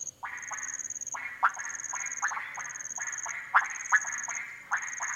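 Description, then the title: Frog chorus of short knocking calls at mid pitch, many overlapping, with louder sharper clicks now and then, while a high steady trill pulses on and off above. Frogs gathered at small ponds and puddles in humid cloud forest, Harenna Forest; call day and night; overcast, hot, muggy afternoon, birds mostly quiet; 23 September 2018; Sony PCM D100. "180923 Harenna Forest - Frogs At Pond"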